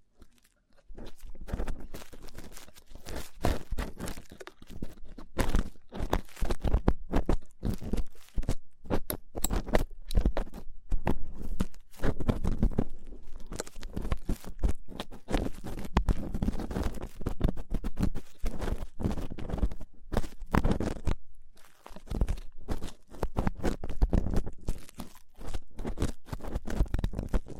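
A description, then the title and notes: Rough ear cleaning makes dense, rapid crackling and rubbing scratches, nearly continuous after the first second with brief gaps and irregular louder bursts. ASMR Rough Ear Cleaning (No Talking).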